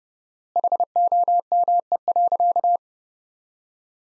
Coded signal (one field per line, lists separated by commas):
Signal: Morse code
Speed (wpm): 32 wpm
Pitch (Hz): 700 Hz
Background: none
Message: HOME.